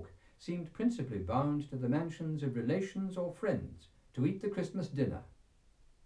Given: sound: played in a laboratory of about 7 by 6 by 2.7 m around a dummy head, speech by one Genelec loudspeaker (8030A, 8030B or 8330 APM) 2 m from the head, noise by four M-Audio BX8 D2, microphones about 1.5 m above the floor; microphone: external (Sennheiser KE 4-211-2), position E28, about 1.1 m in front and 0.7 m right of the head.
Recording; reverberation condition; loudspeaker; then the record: male speech in English; low; 150 degrees to the right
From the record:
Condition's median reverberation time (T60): about 310 ms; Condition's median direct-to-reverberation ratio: about 3.5 dB